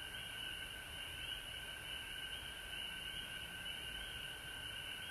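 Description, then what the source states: Frogs in full chorus, a piercing high-pitched trilling band steady throughout, a lower droning note beneath and light background rumble. Frogs recorded at home in Georgia on March 19, 2020.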